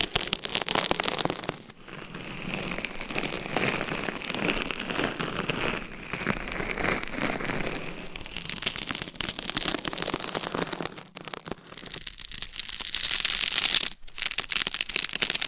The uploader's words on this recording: ASMR Binaural Dummy Head Mic Scratching on DIY Mic Cover.